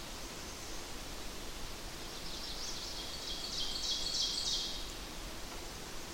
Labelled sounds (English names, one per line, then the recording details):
Ovenbird song
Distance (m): 40 m
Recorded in boreal forest in Alberta, Canada, on 8 June 2016 at 05:53
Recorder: SongMeter 3, array SBT-3-9
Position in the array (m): 108 m, 104 m
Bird 34